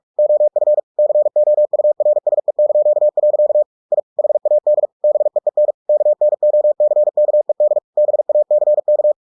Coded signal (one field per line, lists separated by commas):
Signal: Morse code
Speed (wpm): 46 wpm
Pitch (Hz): 600 Hz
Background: none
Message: OF COURSE). I HAD BEEN KNOCKED BACK